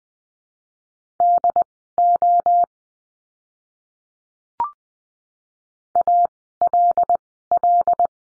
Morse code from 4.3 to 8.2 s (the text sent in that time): ALL